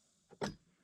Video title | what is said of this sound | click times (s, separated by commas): Starlink Standard X-Frame Base - Unboxing and Review | you hear that loud click so it's locked into place let's get rid of the Box | 0.4 s